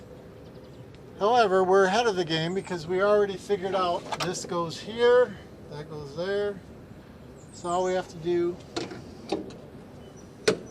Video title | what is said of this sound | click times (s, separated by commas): NeMCMH Ramp Vans with Q'Straint Tie Down System | is make sure that clicks in give it a tug make sure it clicks in you'll hear it | 10.5 s